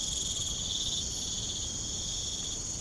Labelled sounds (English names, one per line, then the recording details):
none
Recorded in pastures near Puerto Asís, Putumayo, Colombia, on 13 March 2025 at 04:30
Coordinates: 0.505, -76.324
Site GP08